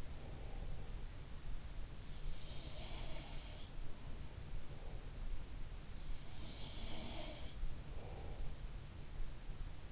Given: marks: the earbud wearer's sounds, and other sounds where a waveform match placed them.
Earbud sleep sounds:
sounds in sleep by an in-ear microphone; breath
0.00-1.00 s: breath
2.26-3.69 s: sound from someone else or the room
6.23-7.78 s: sound from someone else or the room
7.87-8.61 s: breath

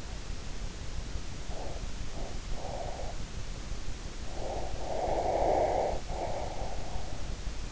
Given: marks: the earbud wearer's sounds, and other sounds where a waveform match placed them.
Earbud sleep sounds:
sounds in sleep by an in-ear microphone; breath
1.09-3.30 s: breath
4.34-7.25 s: breath

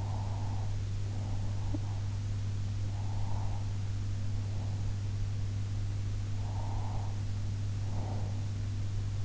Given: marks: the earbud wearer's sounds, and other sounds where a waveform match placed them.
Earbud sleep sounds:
sounds in sleep by an in-ear microphone; breath
0.00-2.02 s: breath
2.93-4.83 s: breath
6.41-8.38 s: breath

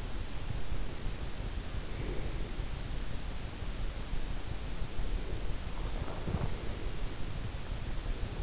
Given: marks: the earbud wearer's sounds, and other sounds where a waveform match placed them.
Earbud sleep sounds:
sounds in sleep by an in-ear microphone; breath
1.90-2.83 s: breath
5.02-7.15 s: breath

